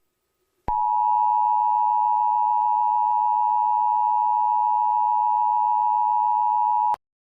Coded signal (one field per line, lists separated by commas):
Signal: Emergency Alert System (SAME) tones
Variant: 853 and 960 Hz attention tone